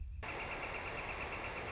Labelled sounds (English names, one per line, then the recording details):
Northern Flicker
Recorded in Sonoma County, California